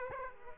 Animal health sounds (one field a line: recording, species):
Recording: mosquito wingbeat signal from an infrared sensor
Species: Aedes aegypti